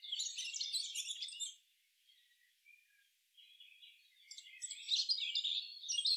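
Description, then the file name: Eurasian blackcap song, dense scratchy warbling, a quieter gap of soft notes, then warbling resumes. "Sylvia atricapilla"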